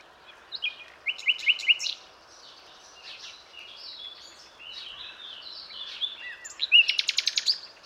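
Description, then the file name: Common nightingale song: a quick series of repeated notes, varied chattering phrases, then a loud, rapid, rattling trill near the end, over a steady background hiss. "Luscinia megarhynchos"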